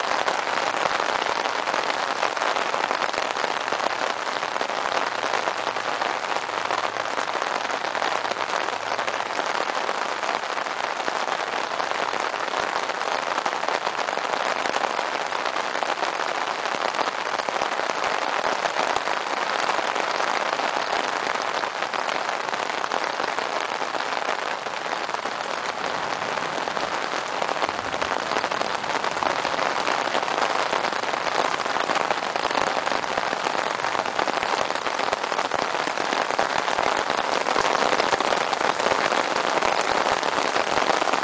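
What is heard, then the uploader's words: Rain patters steadily on an umbrella, a dense, even hiss of close drops with a faint low rumble underneath, unchanging throughout. Sound of rain falling on an umbrella. The gentle sound of raindrops hitting the umbrella creates a calming rhythm.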